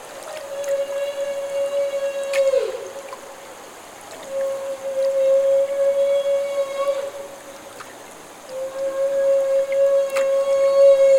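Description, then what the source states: Humpback whale feeding calls: three long, steady trumpet-like tones with rich harmonics, each held about two to three seconds, the first two dipping slightly at the end, separated by short gaps. Call made during bubble-net feeding.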